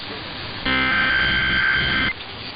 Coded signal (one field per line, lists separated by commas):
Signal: Emergency Alert System (SAME) tones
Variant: header bursts